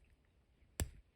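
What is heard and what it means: The comfort extension link in the clasp of a steel watch bracelet is pulled out slightly and releases with one sharp click at 0.8 s, adding about five millimetres. The rest of the clip is near silence.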